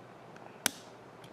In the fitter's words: Should just snap right in there.